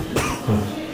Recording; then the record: coughing mixed with background sound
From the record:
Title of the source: Mid-morning Winter Coughing Fit